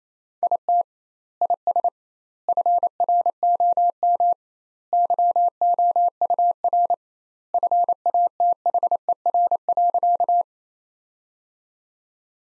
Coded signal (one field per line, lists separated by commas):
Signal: Morse code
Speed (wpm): 28 wpm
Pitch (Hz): 700 Hz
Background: none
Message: IT IS FROM YOUR FATHER.